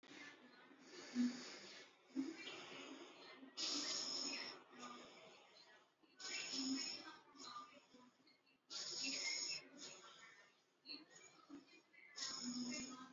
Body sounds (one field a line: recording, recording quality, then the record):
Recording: deep breathing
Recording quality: excellent, no background noise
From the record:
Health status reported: healthy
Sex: male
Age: 26 years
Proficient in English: yes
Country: India